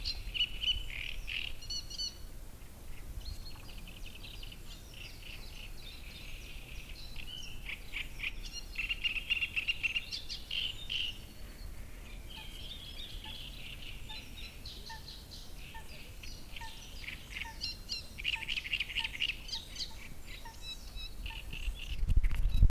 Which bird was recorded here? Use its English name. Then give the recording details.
Great Reed Warbler. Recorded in the wild. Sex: male. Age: adult. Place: Müggelsee, Berlin, DE. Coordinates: 52.43, 13.64. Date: 1990-05-05. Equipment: Uher 4400 Report Monitor, Sennheiser ME 80, K 30 AV. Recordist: Fischer, Stefan